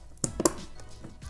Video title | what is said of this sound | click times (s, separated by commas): 2018 Budget PC Build For Under $500 | pressure from the top I've held snaps in place just like | 0.2 s, 0.5 s